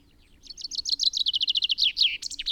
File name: Fringilla coelebs